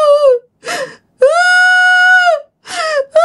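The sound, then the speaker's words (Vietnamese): A voice imitates an eerie wailing howl, a woman's crying followed by howling, heard around 1 a.m.: a long, steady, high-pitched cry that droops at the ends, bracketed by shorter falling wails and sharp, breathy gasps. “vừa khóc xong rồi cái hú hú lên vậy đó.”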